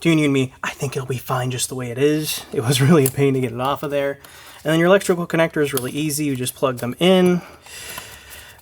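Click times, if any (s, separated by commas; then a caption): none. Someone talks while handling a plastic electrical connector about to be plugged onto an engine sensor or component of a 2014–2020 Mercedes-Benz GLA 250 during a spark plug replacement. The connector has not seated or clicked yet, and its safety is not yet on.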